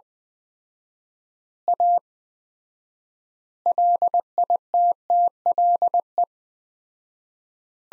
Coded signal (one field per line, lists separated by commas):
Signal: Morse code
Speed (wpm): 20 wpm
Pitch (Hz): 700 Hz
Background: none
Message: A LITTLE